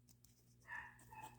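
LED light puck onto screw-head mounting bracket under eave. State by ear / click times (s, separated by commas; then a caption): not seated / none. A Govee permanent outdoor LED light puck is being slid onto a screw-head mounting bracket under an eave, where a divot on its underside is meant to catch the screw head. Two faint ticks come near 0.1 and 0.3 s over a steady low hum, then a brief high tonal squeal rises around 0.7–0.8 s and again near 1.2 s. Nothing has snapped or seated yet.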